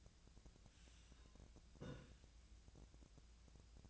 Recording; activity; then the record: daily activity, microphone in the room; take from stove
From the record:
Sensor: 2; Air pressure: 1009.7 hPa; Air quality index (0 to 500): 181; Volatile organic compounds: 10 ppm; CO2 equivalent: 2263 ppm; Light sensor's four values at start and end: 30/73/32/35 and 30/73/32/35